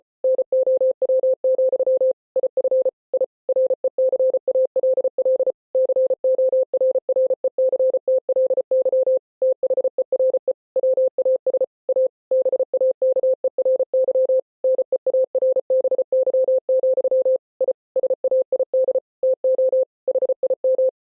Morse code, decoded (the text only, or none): NOW, IF I RECALL CORRECTLY THERE WAS A BAKERY NEARBY, I SAID TO HIM